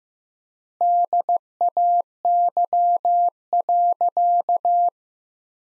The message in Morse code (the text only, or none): DAY.